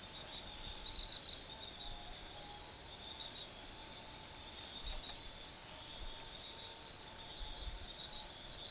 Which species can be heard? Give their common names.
none